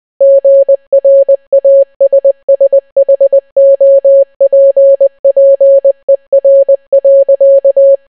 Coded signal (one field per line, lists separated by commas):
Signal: Morse code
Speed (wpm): 20 wpm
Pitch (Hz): 550 Hz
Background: none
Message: GRASSHOPPER.